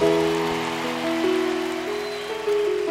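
Steady clapping from a crowd, a dense crackling patter that holds for about three seconds over sustained musical tones, with no voices.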